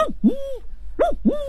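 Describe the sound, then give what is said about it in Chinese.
A jaw harp imitates the call of an older cuckoo: two hooting two-note phrases, each a falling then rising twangy swoop, played over a steady low buzzing drone. “对，也有布谷鸟，布谷鸟就是它这个声音都是不一样的，因为这个年轻的布谷鸟这个叫法和这个老的布谷鸟都是不一样的。”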